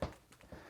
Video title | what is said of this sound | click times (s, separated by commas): Nanuk Series 945 Case for Phantom 3, 4, Pro unboxing and Overview | does not go it doesn't go further than that, but it locks nicely in place so you don't have | 0.0 s